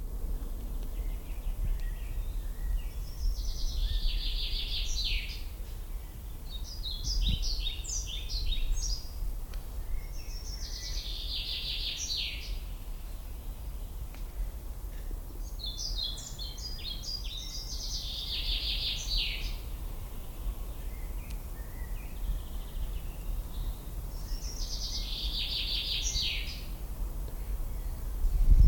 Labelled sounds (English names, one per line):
European Pied Flycatcher song